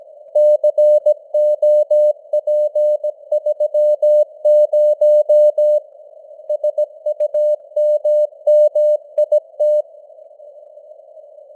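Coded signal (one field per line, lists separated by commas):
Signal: Morse code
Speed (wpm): 17 wpm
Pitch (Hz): 600 Hz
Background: none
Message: COP30 SUMMIT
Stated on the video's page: News headlines in Morse at 17 wpm with simulated radio noise and varying signal strength (QSB).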